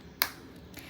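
A metal snap fastener on the end of a crochet bag strap, threaded through the bag fitting, is pressed closed. A single sharp snap is heard at 0.2 seconds, and the fastener clicks shut.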